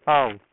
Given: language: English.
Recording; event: throat vibration sensor signal played as sound; speech